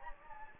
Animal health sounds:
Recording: mosquito wingbeat signal from an infrared sensor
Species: Anopheles gambiae

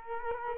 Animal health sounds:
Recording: mosquito wingbeat signal from an infrared sensor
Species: Culex quinquefasciatus

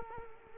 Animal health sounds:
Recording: mosquito wingbeat signal from an infrared sensor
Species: Culex quinquefasciatus

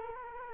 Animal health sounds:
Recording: mosquito wingbeat signal from an infrared sensor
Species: Culex quinquefasciatus

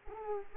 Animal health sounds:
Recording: mosquito wingbeat signal from an infrared sensor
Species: Anopheles arabiensis

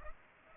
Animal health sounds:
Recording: mosquito wingbeat signal from an infrared sensor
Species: Culex pipiens

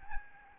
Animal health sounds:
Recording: mosquito wingbeat signal from an infrared sensor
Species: Aedes albopictus

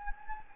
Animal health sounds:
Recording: mosquito wingbeat signal from an infrared sensor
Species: Anopheles gambiae

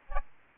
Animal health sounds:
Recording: mosquito wingbeat signal from an infrared sensor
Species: Aedes albopictus

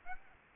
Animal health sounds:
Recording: mosquito wingbeat signal from an infrared sensor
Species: Aedes aegypti

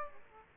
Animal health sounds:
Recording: mosquito wingbeat signal from an infrared sensor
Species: Aedes aegypti

